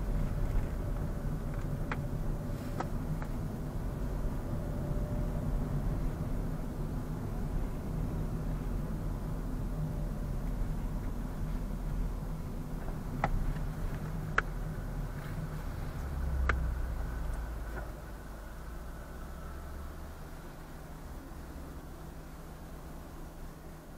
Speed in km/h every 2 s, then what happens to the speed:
27, 28, 29, 30, 28, 24, 21, 17, 9, 3, 0, 0.
0-8 steady at about 28. 8-19 slows to 0. 19-24 standing.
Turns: none.